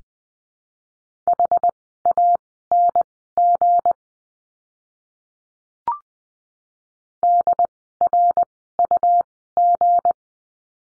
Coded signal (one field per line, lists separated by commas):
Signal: Morse code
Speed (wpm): 20 wpm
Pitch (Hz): 700 Hz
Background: none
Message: HANG DRUG